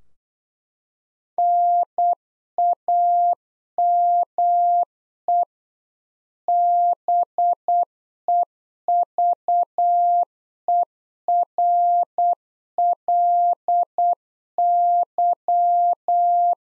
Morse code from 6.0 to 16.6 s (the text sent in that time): BEVERLY